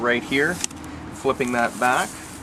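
Someone talks while flipping back the lever on the front swivel wheel lock of a Baby Jogger Summit X3 jogging stroller to lock the wheel straight. The lock has not yet clicked into place; nothing has seated by the end of the clip.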